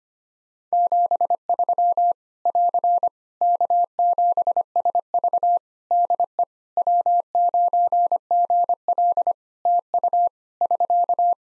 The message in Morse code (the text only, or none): 73 <AR> K7SV DE W9GL TU <SK>